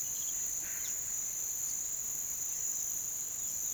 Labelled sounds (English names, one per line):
none